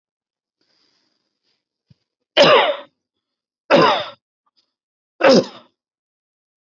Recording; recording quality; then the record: heavy voluntary cough; excellent, no background noise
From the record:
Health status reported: healthy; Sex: male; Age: 37 years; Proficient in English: yes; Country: India